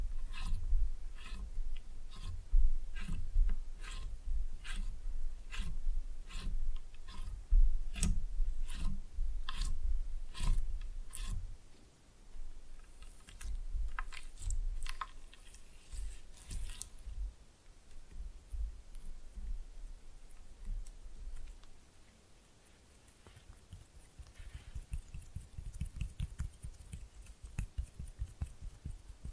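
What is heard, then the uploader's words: Slime is pressed and mixed, starting with a regular run of sharp, bright clicks and pops about twice a second for the first ten seconds. The sound then turns to softer, irregular squishing and rubbing, with a quieter stretch near twenty-three seconds before dense low squelches. ASMR Fun with Slime No Talking (Pressing and Mixing).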